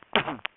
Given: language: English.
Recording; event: throat vibration sensor signal played as sound; cough